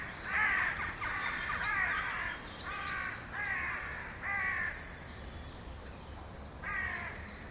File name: Corvus corone